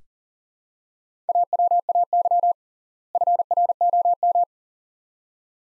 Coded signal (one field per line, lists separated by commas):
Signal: Morse code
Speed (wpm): 40 wpm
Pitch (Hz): 700 Hz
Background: none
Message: AWAY FROM